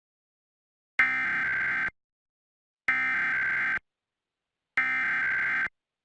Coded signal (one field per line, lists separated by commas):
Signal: Emergency Alert System (SAME) tones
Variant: header bursts